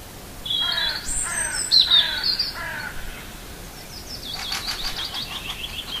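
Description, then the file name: Birds calling: four harsh, nasal chattering notes, then high warbling and a fast rattling trill, overlapping songs over faint hiss. "Nature Sounds - Little Birds"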